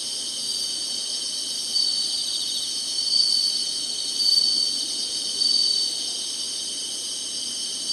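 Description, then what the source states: Insects singing in a continuous high hum, with louder pulsing phrases recurring about every second or so. Singing, in summer.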